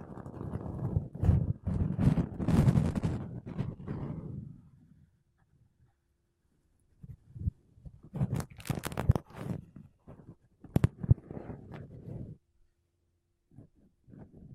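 Makeup brushes and a sponge rub over a microphone, making dense, rumbling swishes with scratchy highs through the first four seconds. After a near-silent pause, shorter bursts of brushing and sharp taps return from about seven to twelve seconds, then a few soft strokes close it.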